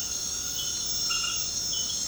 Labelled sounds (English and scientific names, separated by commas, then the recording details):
none
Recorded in secondary vegetation near Puerto Asís, Putumayo, Colombia, on 19 February 2024 at 22:30
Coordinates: 0.472, -76.331
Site G6371